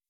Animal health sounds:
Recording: hydrophone in a shrimp aquaculture tank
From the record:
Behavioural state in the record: weakened

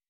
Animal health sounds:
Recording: hydrophone in a shrimp aquaculture tank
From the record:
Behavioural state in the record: weakened

